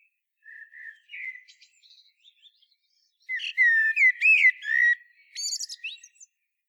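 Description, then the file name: Common blackbird song: soft low whistles at first, then a louder mellow fluted phrase finishing in a thin high squeak. "Turdus merula"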